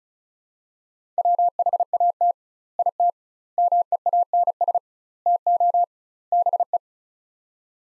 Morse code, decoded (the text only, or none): WHAT IT MEANS TO BE